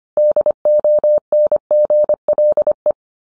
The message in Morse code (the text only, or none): DONGLE